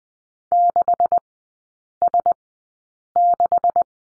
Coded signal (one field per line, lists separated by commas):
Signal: Morse code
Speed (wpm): 20 wpm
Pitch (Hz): 700 Hz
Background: none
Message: 6S6